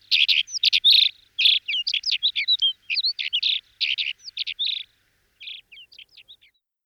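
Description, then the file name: Alpine accentor: clusters of rippling, trilled chirps and short twittering notes in quick bursts, pausing briefly before softer notes at the end. "Acentor Alpino"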